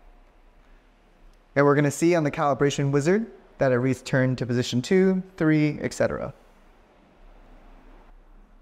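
Someone talks from about 1.6 to 6.3 s over a faint, steady background hum, while the dial of the calibration tool on a Medit i700W intraoral scanner tip is being turned to the next calibration position. No click is heard; the dial has not yet clicked into position.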